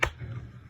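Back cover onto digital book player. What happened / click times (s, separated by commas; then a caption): The plastic back cover snapped into place / 0.0 s. A plastic back cover is set down on a digital book player and pushed forward until it clicks into place at 0.0 s. A single sharp, bright click is followed by a faint low rumble. The cover is confirmed seated.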